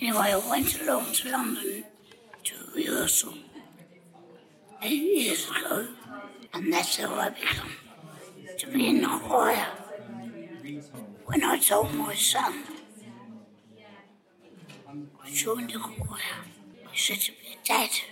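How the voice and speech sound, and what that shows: An adult man speaks in short bursts with long pauses between phrases. His voice is rough, breathy and whispery, and some consonants are blurred. This is alaryngeal speech produced with a prosthetic voice device after his voice box was removed because of cancer.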